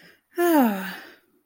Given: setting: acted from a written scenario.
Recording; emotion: vocal sound without words; contentment